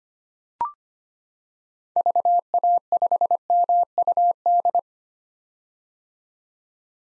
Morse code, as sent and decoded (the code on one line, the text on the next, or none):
...- .- ..... -- ..- -..
VA5MUD